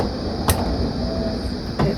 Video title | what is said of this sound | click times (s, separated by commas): How To Install & Replace Chrysler Crossfire Headlamp & bulbs 💡Part 2 | And you'll usually hear a click sound telling you that it's locked in place. Okay. | 0.5 s